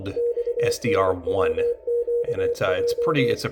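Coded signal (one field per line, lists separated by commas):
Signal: Morse code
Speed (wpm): 24 wpm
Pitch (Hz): 480 Hz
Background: speech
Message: XNWQJ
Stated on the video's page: French military coded messages received on a Kiwi SDR in Ireland.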